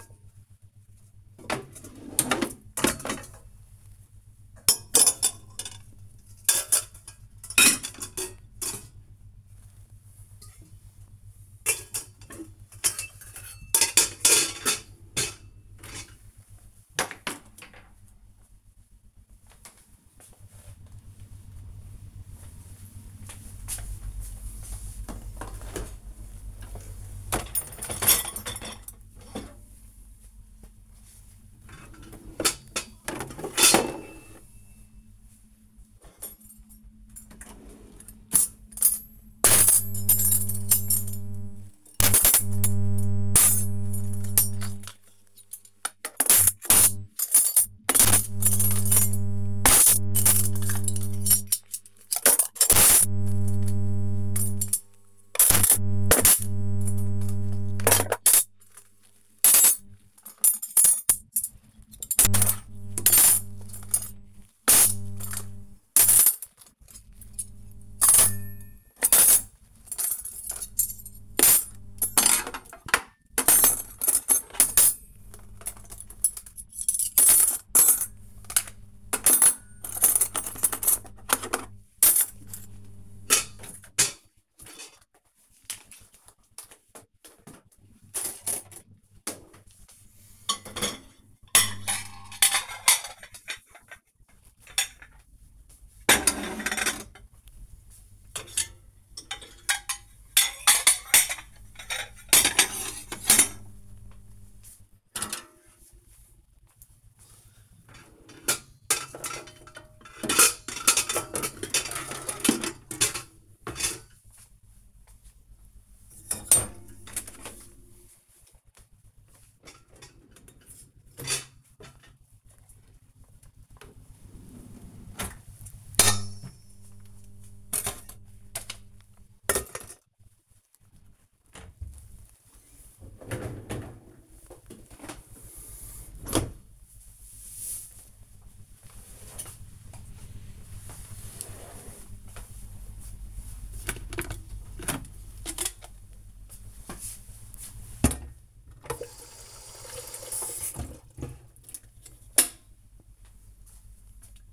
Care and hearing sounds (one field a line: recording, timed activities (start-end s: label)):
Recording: household activities, microphone on the right wrist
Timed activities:
0.00-18.82 s: putting away the dishes
23.85-135.54 s: cleaning out the dishwasher
143.62-154.53 s: making tea